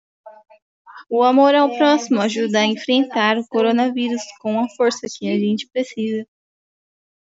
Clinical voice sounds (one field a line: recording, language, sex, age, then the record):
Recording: spoken sentence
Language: Brazilian Portuguese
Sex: female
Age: 20 to 29 years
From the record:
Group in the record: control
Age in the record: 21 years